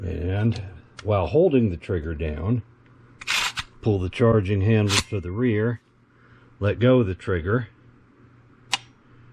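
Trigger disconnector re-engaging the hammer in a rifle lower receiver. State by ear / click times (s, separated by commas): seated / 8.7 s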